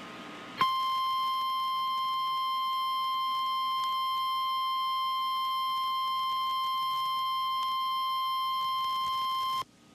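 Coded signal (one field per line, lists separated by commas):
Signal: Emergency Alert System (SAME) tones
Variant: 1050 Hz attention tone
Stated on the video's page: Tornado drill alerts received in Virginia.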